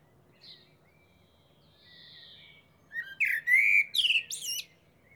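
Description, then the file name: Eurasian blackbird, a few soft faint notes, then a loud rich fluted phrase ending in high, scratchy twitters. "Turdus merula"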